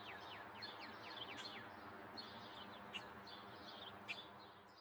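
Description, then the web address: Small birds chirping, quick high downslurred notes in loose bursts over a steady low background hum. Suburban setting, daytime. "Epidemic Sound. Suburban Day Birds"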